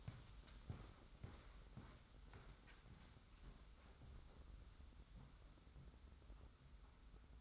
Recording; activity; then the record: daily activity, microphone in the room; walk to room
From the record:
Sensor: 3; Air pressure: 991.1 hPa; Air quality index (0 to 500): 103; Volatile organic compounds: 39 ppm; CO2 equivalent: 3126 ppm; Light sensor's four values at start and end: 40/104/44/37 and 44/124/50/44